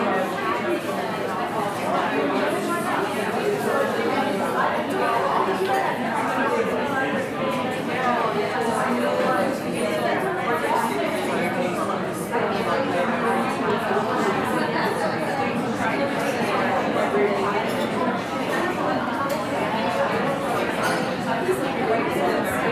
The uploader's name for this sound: Ambient Coffee Shop Sound